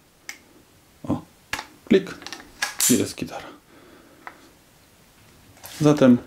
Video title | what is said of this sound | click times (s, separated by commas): Unboxing Militaria.pl - Glock FM81 Battle Field, czyli austriacki nóż | Tu wkładam kciuka i wyciągam nóż. O, klik | 0.3 s